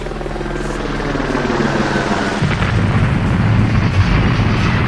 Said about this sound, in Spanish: Uy, he puesto el sonido del helicóptero de Rajoy Esperanza Aguirre.